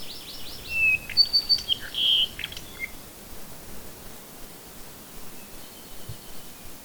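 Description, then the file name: Bird song of varied high chirps, whistles and clipped notes packed into the first three seconds, followed by near silence with soft background noise. "manu birdsongs"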